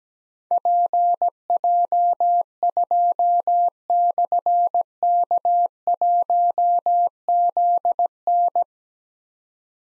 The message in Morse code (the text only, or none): PJ2/K1ZN